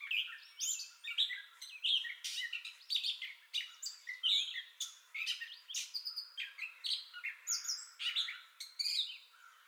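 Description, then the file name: Gray catbird song, a continuous chatter of squeaks, mews and clear whistles, varied phrases tumbling out in quick succession. Entire song bout, recorded 30 May 2021. "2021-05-30 Gray Catbird Entire Song Bout"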